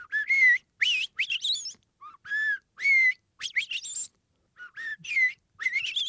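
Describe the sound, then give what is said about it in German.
A blackbird sings mellow, fluting whistled phrases in short bursts separated by pauses, each ending in higher, squeaky twittering notes, with no voices present. “Unterm Strich beeindrucken so selbst einzelne Vögel mit einem erstaunlichen Lautrepertoire, zum Beispiel die Amsel. Die hat nicht nur ihren Gesang.”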